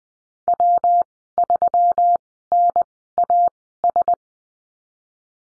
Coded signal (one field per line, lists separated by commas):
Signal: Morse code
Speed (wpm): 19 wpm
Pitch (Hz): 700 Hz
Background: none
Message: W3NAS